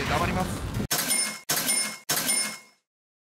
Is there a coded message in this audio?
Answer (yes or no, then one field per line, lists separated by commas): no